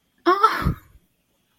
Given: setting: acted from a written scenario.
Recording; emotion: vocal sound without words; embarrassment